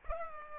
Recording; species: mosquito wingbeat signal from an infrared sensor; Culex pipiens